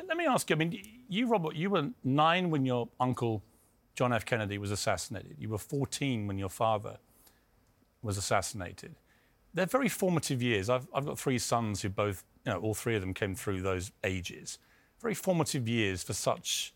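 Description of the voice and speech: A man speaks fluently in a steady, clear voice, posing an interview question to presidential candidate Robert F Kennedy Jr. in New York; typical adult speech.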